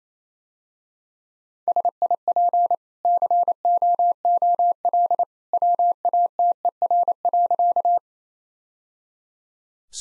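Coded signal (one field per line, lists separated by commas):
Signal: Morse code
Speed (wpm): 28 wpm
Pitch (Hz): 700 Hz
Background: none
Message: SIP COOL WATER.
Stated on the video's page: Morse practice at 28 wpm: easy sentences with contextual hints.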